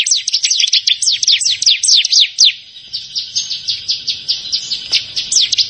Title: Ciblek Sawah